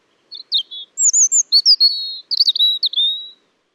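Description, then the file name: European robin song: a series of high, thin warbled phrases with quick twittering notes and a drawn-out whistled ending, against a quiet background. "Erithacus rubecula"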